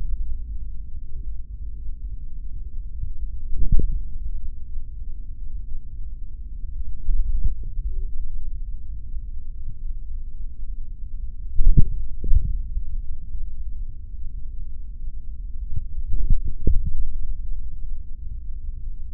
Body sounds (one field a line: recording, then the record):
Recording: forearm muscle sounds (acoustic myography)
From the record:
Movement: finger pinch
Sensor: system 3, bracelet of six PUI Audio POM-2738L microphones around the upper forearm, with dedicated amplification and filtering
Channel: 4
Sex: male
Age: 26 years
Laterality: right